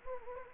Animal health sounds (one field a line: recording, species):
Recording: mosquito wingbeat signal from an infrared sensor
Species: Anopheles gambiae